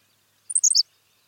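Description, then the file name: Henslow's sparrow sings one brief, very high, hiccup-like phrase of several clipped notes, with silence around it. "Ammodramus henslowii - Henslow's Sparrow"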